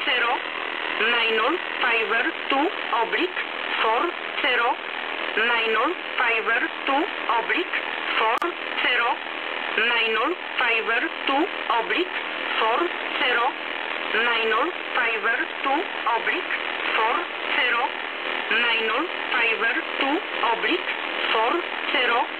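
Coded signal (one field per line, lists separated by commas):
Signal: numbers station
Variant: E11a (Oblique)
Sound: a voice reading short numbers in steady, evenly paced groups over a radio channel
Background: radio static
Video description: Numbers station E11a [ENIGMA designated ID] Also known as "Oblique"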